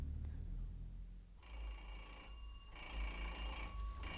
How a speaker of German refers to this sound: Nee, junger Kollege, das gewöhnen Sie sich mal ab, gleich Sturm zu läuten. Zunächst klingelt man harmlos.